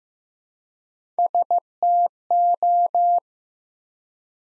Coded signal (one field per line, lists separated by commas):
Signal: Morse code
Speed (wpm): 15 wpm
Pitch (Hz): 700 Hz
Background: none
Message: STO